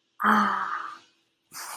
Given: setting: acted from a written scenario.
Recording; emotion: vocal sound without words; relief